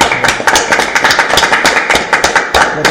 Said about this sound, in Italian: Comunque ragazzi, per Sean Cronin un applausino.